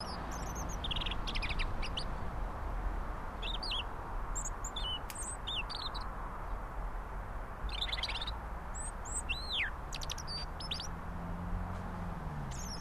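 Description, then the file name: European robin giving high, thin warbled phrases, some with a sweeping falling note, over continuous low rumble. "Erithacus rubecula"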